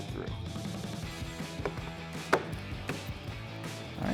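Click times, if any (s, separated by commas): 1.7 s, 2.3 s, 2.9 s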